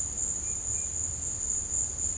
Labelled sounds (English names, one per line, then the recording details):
none
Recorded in secondary vegetation near Puerto Asís, Putumayo, Colombia, on 13 March 2025 at 15:00
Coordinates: 0.502, -76.326
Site G100